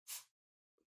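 A faint cat sneeze in the background.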